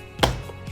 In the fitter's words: to get it to click into place